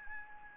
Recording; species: mosquito wingbeat signal from an infrared sensor; Anopheles gambiae